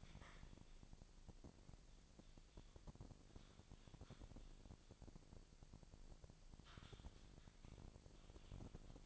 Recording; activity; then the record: daily activity, microphone in the room; typing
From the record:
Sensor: 5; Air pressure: 999.3 hPa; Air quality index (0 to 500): 229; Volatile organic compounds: 24 ppm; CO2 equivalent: 2798 ppm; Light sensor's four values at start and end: 34/79/31/30 and 34/79/31/30